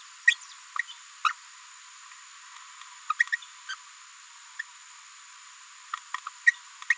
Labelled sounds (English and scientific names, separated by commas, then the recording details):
Green-rumped Parrotlet (Forpus passerinus) babbling
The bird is a female
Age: 30 days
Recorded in a nest box in Venezuela
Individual 17B73B3